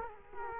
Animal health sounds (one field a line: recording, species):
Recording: mosquito wingbeat signal from an infrared sensor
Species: Culex quinquefasciatus